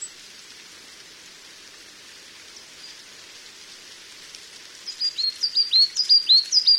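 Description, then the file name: Coal tit singing a rapid series of sharp, high see-sawing notes that begins after a few seconds of hissing background noise. "higara"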